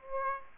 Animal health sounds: mosquito wingbeat signal from an infrared sensor; Aedes aegypti

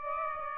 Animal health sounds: mosquito wingbeat signal from an infrared sensor; Aedes aegypti

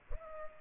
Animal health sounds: mosquito wingbeat signal from an infrared sensor; Culex pipiens

